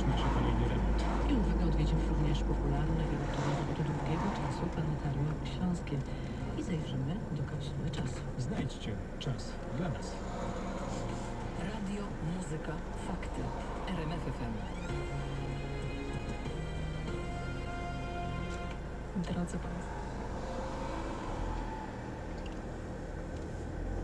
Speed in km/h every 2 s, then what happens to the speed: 37, 29, 22, 9, 1, 1, 0, 0, 0, 0, 4, 13.
0-8 brakes to 1. 8-19 standing. 19-22 pulls away to 13.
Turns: none.